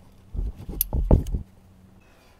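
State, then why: Seated. An electrical connector is plugged onto the variable valve timing solenoid at the back of a car engine and pushed until it clicks in, seating at 0.8 s. A sharp, bright snap at 0.8 s stands out among several softer clicks and rattling handling sounds between about 0.3 and 1.4 s, followed by quiet.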